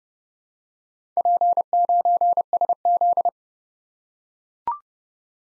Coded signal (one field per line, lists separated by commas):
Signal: Morse code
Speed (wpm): 30 wpm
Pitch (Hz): 700 Hz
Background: none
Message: P9SZ